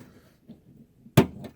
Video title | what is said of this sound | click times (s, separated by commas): Replacing Tailgate Handle on 2001 Toyota Tundra | snapped into place, snapped into place. | 1.2 s